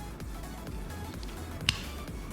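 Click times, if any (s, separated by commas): 1.7 s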